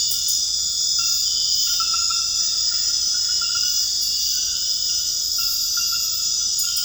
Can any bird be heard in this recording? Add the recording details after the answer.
no. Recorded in dense forest near Puerto Asís, Putumayo, Colombia, on 18 February 2024 at 22:30. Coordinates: 0.485, -76.325. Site G6429